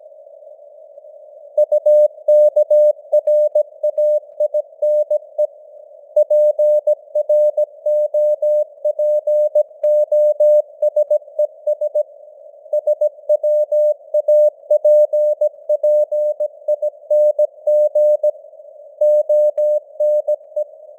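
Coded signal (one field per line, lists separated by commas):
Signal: Morse code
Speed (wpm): 17 wpm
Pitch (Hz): 600 Hz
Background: none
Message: UKRAINE PROPOSES SWAPPING ONE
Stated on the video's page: News headlines in Morse at 17 wpm with simulated radio noise and varying signal strength (QSB).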